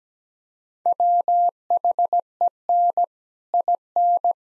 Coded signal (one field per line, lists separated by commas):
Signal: Morse code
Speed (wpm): 17 wpm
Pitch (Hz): 700 Hz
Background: none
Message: WHEN IN